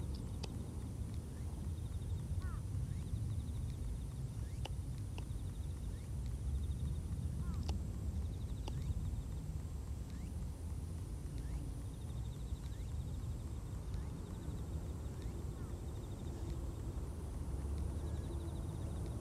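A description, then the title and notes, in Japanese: Scissors snip weeds at the root among slowly growing carrots, with sharp clicks every couple of seconds. A steady low rumble runs underneath throughout, and faint, high bird chirps repeat in the background. 人参除草 お昼前。ゆっくり育つ人参を、追い越そうとしてくる草を、ハサミで根元を切っていきます。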